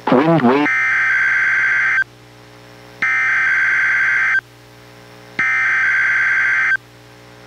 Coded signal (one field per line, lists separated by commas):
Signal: Emergency Alert System (SAME) tones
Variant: header bursts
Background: speech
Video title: EAS #907: NWR Required Weekly Test- Jan. 31, 2024- 11:07AM PST